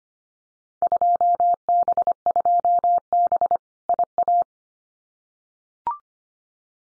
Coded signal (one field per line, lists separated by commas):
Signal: Morse code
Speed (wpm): 25 wpm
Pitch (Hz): 700 Hz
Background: none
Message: 2B2B IA